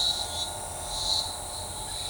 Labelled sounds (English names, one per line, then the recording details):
none
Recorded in shrubland near Pivijay, Magdalena, Colombia, on 16 April 2023 at 12:30
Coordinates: 10.453, -74.365
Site P5-G022